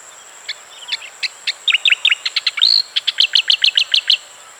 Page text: Striated Grassbird Song. Quick Sounds